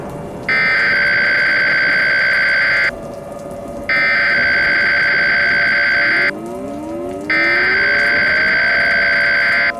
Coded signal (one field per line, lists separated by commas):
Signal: Emergency Alert System (SAME) tones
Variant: header bursts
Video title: EAS Scenario #1 - Supercyclone